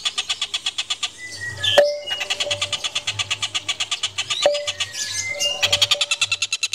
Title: Suara Kolibri Ninja MERDU, JELAS DAN LANTANG